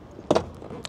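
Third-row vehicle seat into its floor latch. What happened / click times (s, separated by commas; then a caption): The folding seat latched down into its floor catch / 0.3 s, 0.9 s. The third-row seat of a Nissan Serena e-POWER MPV is pushed down into its floor latch, giving a loud, sharp clunk at 0.3 s followed by a quieter rattle and a crisp click at 0.9 s. The seat latches into its locked folded position.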